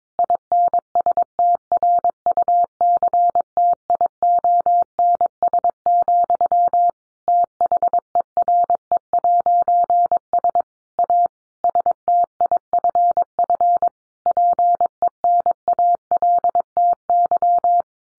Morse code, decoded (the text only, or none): INSTRUCTIONS, THERE'S A STIFF PENALTY